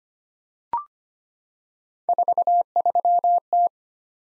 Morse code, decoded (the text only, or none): 43T